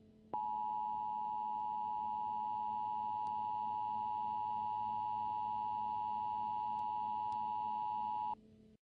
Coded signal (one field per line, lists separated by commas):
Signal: Emergency Alert System (SAME) tones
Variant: 853 and 960 Hz attention tone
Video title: EAS winter storm warning audio with radar image 1/20/2014